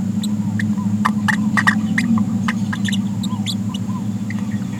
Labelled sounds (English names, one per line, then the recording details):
Green-rumped Parrotlet babbling
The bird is a female
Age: 30 days
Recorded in a nest box in Venezuela
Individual 17B73B2